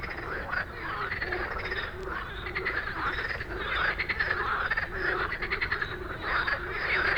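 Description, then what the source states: Frogs calling in a dense chorus, overlapping rattling croaks with brighter squeaky notes that swell and fade continuously. Dense evening frog chorus after dark in Stromovka Park, Prague, many frogs calling; 18 May 2022 from 22:08, recorded with a Sony PCM-D100.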